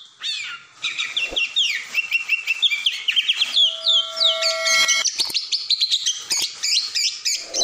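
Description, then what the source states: Oriental magpie-robin song, a rapid, continuous stream of varied high whistles, trills and slurred notes, with a few steady pure tones partway through. Long-duration filler (isian) song meant for training, the bird described as singing actively day and night.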